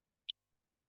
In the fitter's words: click together so that is now latched in place